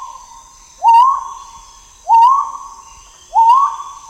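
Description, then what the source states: Great argus call, a clear rising whistle repeated three times at intervals of about one and a quarter seconds, against a faint steady high-pitched drone. Subspecies grayi, recorded in Malaysia.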